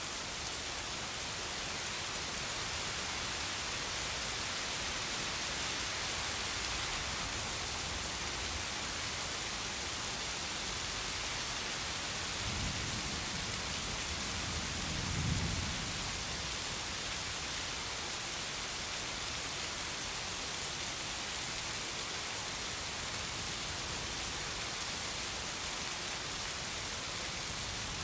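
Steady, dense rain hisses throughout, with a soft low rumble of thunder swelling around twelve seconds and peaking near fifteen.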